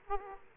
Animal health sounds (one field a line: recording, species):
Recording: mosquito wingbeat signal from an infrared sensor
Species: Aedes aegypti